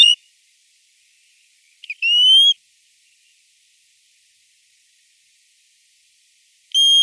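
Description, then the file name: American golden plover whistling: a clear, slightly rising call lasting about half a second, then a long silence before another whistle begins. "Rzhanka burokrylaja"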